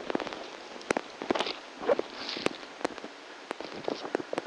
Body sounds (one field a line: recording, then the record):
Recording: brain microelectrode recording played as sound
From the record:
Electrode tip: outside the subthalamic nucleus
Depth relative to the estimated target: 4 mm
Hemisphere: right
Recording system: NeuroSet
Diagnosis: Parkinson's disease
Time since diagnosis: 17 years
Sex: male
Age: 64 years